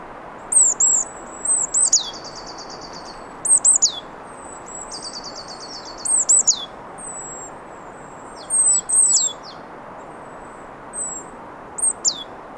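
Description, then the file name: Marsh tit calls: sharp, high, down-slurred 'pitchou' notes, some followed by a rapid buzzy chatter, given in several bursts over steady background noise. "Poecile palustris"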